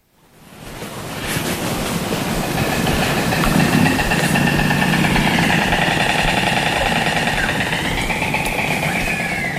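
A dense, steady drone of honeybees buzzing inside a hive, a continuous loud hum with shifting higher whining tones layered over a low rumble, no voices.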